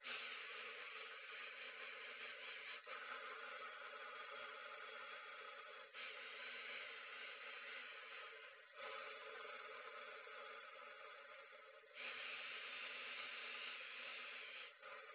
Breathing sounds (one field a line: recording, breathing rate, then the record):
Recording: paced breathing near a phone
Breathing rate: 10 breaths a minute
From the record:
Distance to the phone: 20 cm